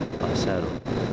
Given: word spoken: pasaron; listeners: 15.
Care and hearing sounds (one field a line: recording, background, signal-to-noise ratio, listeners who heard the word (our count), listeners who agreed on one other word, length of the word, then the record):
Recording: one Spanish word in noise, from a listening test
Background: noise modulated by three-talker babble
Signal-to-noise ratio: -3.4 dB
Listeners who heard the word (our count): 0 of 15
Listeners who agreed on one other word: 13 of 15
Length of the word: 0.73 s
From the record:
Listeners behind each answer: 13, 2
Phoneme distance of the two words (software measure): 17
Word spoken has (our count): 3 syllables, 7 phonemes, stress on syllable 2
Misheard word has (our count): 3 syllables, 6 phonemes, stress on syllable 2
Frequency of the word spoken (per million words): 29.45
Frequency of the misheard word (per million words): 462.01